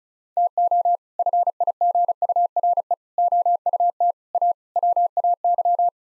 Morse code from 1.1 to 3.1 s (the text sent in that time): FIGURE